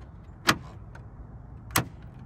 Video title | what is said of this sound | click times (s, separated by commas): 2022 BMW X3 OEM Gloss Black M Kidney Grill Install Detailed! | and just gently push on it and you hear all the audible clicks which lets you know that the clips are um they're locked in place | 0.5 s, 1.8 s